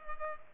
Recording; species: mosquito wingbeat signal from an infrared sensor; Culex pipiens